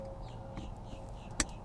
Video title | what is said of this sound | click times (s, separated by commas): MACH E DASHCAM BY FITCAMX. 4k QUALITY AND NO WIRES SHOWING. FULL INSTALLATION! | okay that snaps into place | 1.4 s